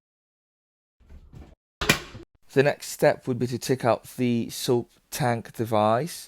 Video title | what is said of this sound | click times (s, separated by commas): How to install a Soap dispenser, find Wall studs & Metal pipes using a Pipe and Cable detector | until i hear the the sound of a click | 1.8 s, 1.9 s